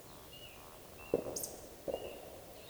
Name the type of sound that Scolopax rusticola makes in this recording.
whistle